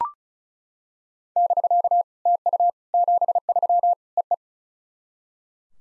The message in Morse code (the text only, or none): <BK> TU 73 EE